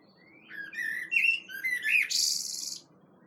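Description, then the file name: Common blackbird song phrase: a slurred, mellow whistle wavering up and down, finishing with a short, high squeaky flourish. "Turdus merula"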